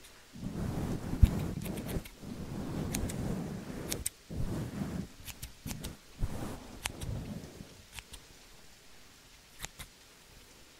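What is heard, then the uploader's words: Scissors snip in crisp, sharp clicks that come in small clusters, often in pairs, every second or so. Beneath them runs a low, muffled rustle and thump of handling. It fades after about eight seconds, leaving sparse snips over near silence. ASMR relaxing Scissors Sounds - Rain, no talking.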